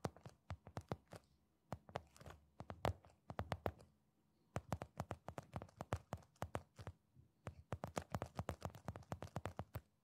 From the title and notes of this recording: ASMR Invisible Triggers Tapping, scratching, squeezing, stroking Hand movements (no talking).